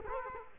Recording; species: mosquito wingbeat signal from an infrared sensor; Culex quinquefasciatus